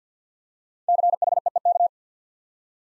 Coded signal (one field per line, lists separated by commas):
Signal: Morse code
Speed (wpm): 48 wpm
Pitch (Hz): 700 Hz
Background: none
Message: CHEEK